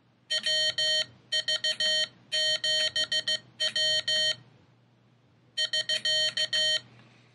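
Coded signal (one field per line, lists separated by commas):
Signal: Morse code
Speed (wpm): 16 wpm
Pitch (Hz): 3100 Hz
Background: none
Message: WV7W <SK>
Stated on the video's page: Morse generated by the Morserino-32 training device.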